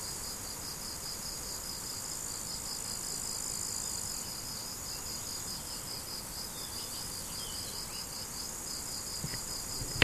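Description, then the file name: Cricket chirps repeat evenly over a high insect drone, with a sharp knock right at the end. Crickets, recorded 17 July 2012 on an MZ-N710 recorder. "grillons 17 07 2012"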